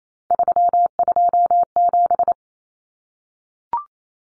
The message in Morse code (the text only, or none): 327